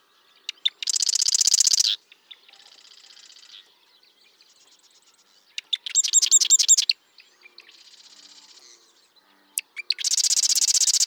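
Bird song of loud, buzzy, high trilled bursts alternating with softer rattling phrases and brief sharp chips, each burst lasting about one second.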